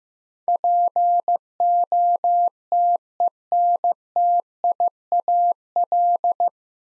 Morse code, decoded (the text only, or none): POTENTIAL